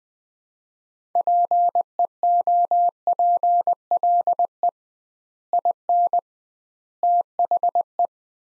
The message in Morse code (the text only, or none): PEOPLE IN THE